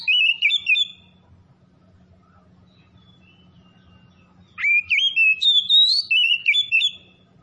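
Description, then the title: Oriental magpie-robin singing a short whistled burst, then a few quiet seconds before a second run of rising, warbled, clear notes returns. "Kacer Tretes"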